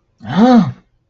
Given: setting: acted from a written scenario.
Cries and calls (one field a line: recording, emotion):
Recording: vocal sound without words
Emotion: elation